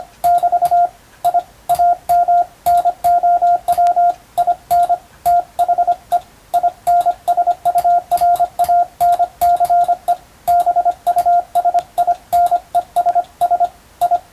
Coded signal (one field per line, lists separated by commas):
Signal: Morse code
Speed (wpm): 25 wpm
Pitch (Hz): 700 Hz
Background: radio noise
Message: <BT> I AM NOW IN THE INSURANCE BUSINESS I